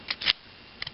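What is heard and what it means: A floppy disk is ejected from an opened 3.5-inch floppy drive as its eject mechanism is worked, the head lifting off the disk and the mechanism reversing to push the disk out. A sharp click at 0.1 s is followed by a longer scraping mechanical rattle that ends in a loud click at 0.3 s, and two faint ticks follow near 0.8 and 0.9 s. The disk is released from the drive.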